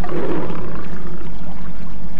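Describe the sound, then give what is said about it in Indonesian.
A tiger roars, a deep, rumbling growl that swells loudly at the start and then trails into a low, rough rumble over about two seconds, with no talking. “Oh, Ki, suara harimau itu, Ki.”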